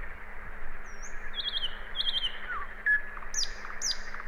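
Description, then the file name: Common nightingale singing a short, scattered phrase of slurred notes and thin high whistles, with a steady low hum underneath. "Luscinia megarhynchos"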